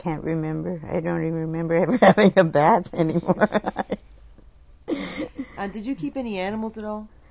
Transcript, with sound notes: I can't remember. I don't even remember having a bath anymore. (laughs)
Uh, did you keep any animals at all?